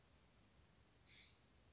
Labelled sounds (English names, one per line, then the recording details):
California Scrub-Jay
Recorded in Sonoma County, California